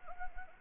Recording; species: mosquito wingbeat signal from an infrared sensor; Anopheles arabiensis